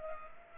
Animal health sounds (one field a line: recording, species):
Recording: mosquito wingbeat signal from an infrared sensor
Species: Culex pipiens